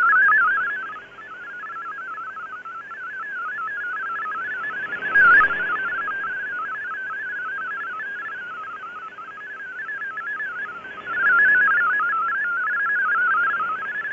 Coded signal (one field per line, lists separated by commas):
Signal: multi-tone FSK (Olivia or MFSK type)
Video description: Shortwave Radiogram transmits digital text and images on an analog shortwave broadcast transmitter.